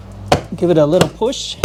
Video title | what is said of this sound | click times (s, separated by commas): Rimetrix Medusa - Best Tesla Model Y Wheel Covers? | give it a little push, it snaps into place, | 0.3 s